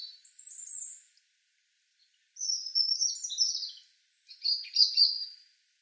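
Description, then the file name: European robin song: three high, thin warbling phrases separated by short silent gaps. "Erithacus rubecula"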